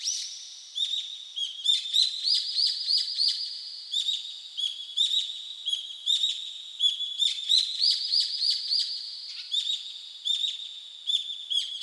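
Bird: a sustained high whistled tone with many quick chirps throughout.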